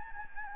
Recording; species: mosquito wingbeat signal from an infrared sensor; Anopheles arabiensis